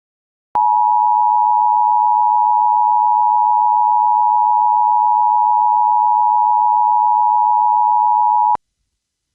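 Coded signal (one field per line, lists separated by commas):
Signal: Emergency Alert System (SAME) tones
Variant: 853 and 960 Hz attention tone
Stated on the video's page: Recreation of a flash flood emergency alert, not a live broadcast.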